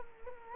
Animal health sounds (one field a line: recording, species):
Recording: mosquito wingbeat signal from an infrared sensor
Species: Culex quinquefasciatus